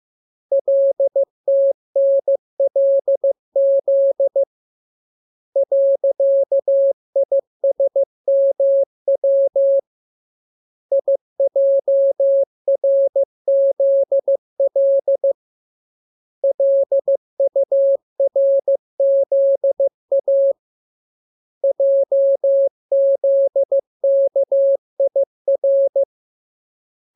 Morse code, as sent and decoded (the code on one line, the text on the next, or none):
.-.. - -. .-.. --.. / .-.-.- .. ... -- .-- / .. .--- .-. --.. .-.. / .-.. ..- .-. --.. .- / .--- --.. -.- .. .-.
LTNLZ .ISMW IJRZL LURZA JZKIR